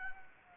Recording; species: mosquito wingbeat signal from an infrared sensor; Anopheles gambiae